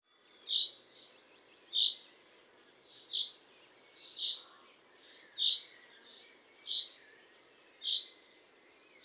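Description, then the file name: Common chaffinch uttering brief high call notes, several at a fairly steady pace, with quieter chirps and light background noise. "Fringilla coelebs"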